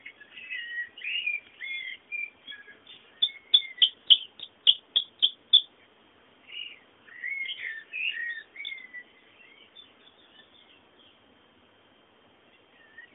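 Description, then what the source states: Birds sing warbling phrases, then a series of sharp, evenly spaced chips, followed by more twittering notes. Background bird sounds.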